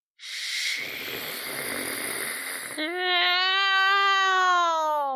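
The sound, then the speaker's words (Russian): A rough, breathy rasp gives way to a long, sustained howl answering a man's shout, a steady rich low tone that slowly sinks in pitch and stays loud to the end. “Откликнулся чей-то вой, низкий, леденящий душу.”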